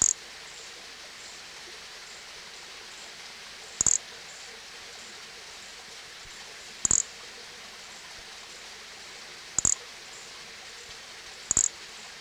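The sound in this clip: Nesobia mjobergi calling: brief, very high-pitched buzzy bursts a few seconds apart, with faint regular ticks between them over a steady hiss.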